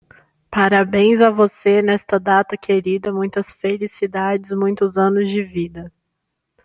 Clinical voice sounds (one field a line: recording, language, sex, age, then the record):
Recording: short text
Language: Brazilian Portuguese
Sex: female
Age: 20 to 29 years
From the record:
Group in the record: control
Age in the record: 23 years